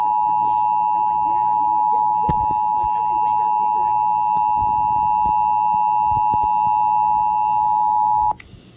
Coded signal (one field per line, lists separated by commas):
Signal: Emergency Alert System (SAME) tones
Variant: 853 and 960 Hz attention tone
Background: speech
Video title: RMT On WIYY-FM (EAS# Unknown)